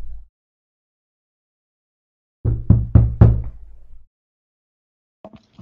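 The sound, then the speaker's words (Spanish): Four quick, solid knocks rap on a room door in a steady rhythm, each with a deep wooden thud, followed after a pause by a couple of faint, softer taps. “Mientras estáis discutiendo esto, alguien llama a la puerta de vuestra habitación.”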